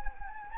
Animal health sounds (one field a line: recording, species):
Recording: mosquito wingbeat signal from an infrared sensor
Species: Anopheles gambiae